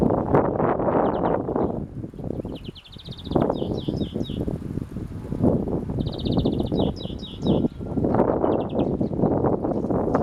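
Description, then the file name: European greenfinch trills: several bursts of rapid buzzy notes, partly masked by strong low-pitched background noise. "Chloris chloris"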